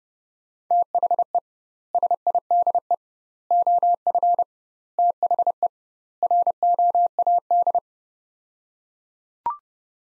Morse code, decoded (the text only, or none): THE SIDE OF THE ROAD